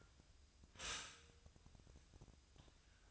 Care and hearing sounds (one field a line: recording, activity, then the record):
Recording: daily activity, microphone in the room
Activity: stop toaster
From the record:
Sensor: 2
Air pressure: 1001.8 hPa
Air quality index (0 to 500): 246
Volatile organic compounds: 37 ppm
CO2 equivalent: 3104 ppm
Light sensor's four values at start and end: 9/30/12/11 and 9/30/12/11